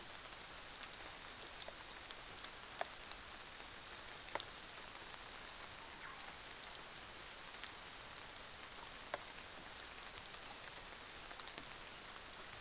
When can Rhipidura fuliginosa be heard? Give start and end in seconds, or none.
none